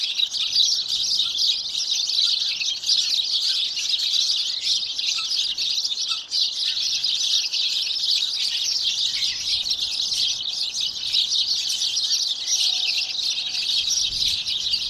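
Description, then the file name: House sparrows chirping in a dense, continuous chorus of overlapping high chirps. "Passer domesticus"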